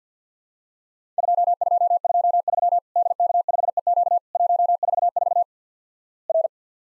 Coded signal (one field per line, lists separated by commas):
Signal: Morse code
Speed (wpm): 50 wpm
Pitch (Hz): 700 Hz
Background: none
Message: 2223 DK5EQ 144 R